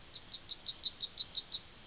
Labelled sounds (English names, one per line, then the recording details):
Yellowhammer song
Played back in forest
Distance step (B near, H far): C
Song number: 005